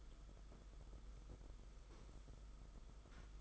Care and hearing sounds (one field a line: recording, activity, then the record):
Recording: daily activity, microphone in the room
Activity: sweep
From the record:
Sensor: 5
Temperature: 22.1 degrees Celsius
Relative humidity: 50.0%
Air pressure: 991.5 hPa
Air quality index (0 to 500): 120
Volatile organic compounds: 44 ppm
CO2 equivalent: 3207 ppm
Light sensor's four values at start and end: 42/132/50/54 and 42/132/50/54